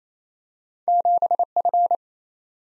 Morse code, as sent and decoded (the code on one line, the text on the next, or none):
--... / ..-.
7 F